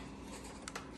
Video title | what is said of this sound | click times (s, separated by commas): Working on the q7! Replacing seals and contemplating life choices. 😰￼ | Sometimes you'll hear a little bit of an audible click, just like that. | 0.7 s